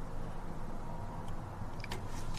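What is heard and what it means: A small pocket screwdriver pushes down on the lock of the locking cap on the automatic transmission fill/dipstick tube of a Mercedes-Benz S-Class S500 (W220) with the 722.6 five-speed transmission, after the tamper pin has been twisted off with pliers. Over a steady low background rumble, a sharp click sounds at 1.8 s, followed by a couple of brief clatters. The lock clicks open and the cap is released so the dipstick can be pulled out.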